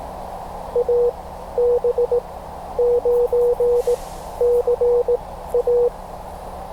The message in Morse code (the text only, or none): AB9CA